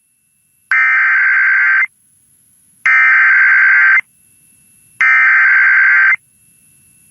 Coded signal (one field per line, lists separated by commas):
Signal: Emergency Alert System (SAME) tones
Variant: header bursts